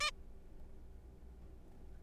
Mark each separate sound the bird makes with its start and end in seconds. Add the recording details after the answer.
0.01-0.11. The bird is a juvenile. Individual R3428